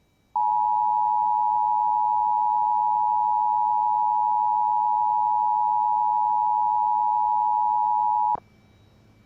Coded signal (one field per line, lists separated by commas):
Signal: Emergency Alert System (SAME) tones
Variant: 853 and 960 Hz attention tone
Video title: North Dakota Statewide Silver Alert (EAS 199)